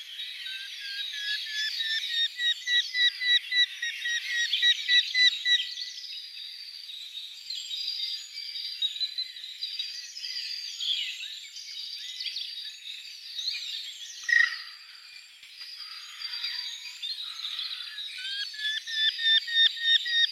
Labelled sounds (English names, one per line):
Eurasian Hobby